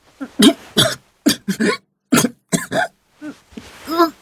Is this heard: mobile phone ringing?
no